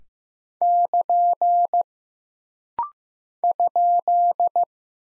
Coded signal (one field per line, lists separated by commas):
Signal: Morse code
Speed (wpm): 15 wpm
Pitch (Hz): 700 Hz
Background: none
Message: <KN> ?